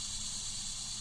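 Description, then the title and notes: Cicada chorus as a continuous high buzzing hiss, with a low rumble underneath. Cicadas in West Brighton, Staten Island, late summer 2008. "Recording of cicadas made by Dan Bodah in West Brighton, Staten Island"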